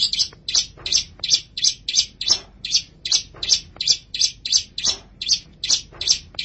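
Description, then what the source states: Long-tailed Shrike repeating a rasping, scratchy note at a steady pace throughout the whole stretch. Dated March 2017 (201703).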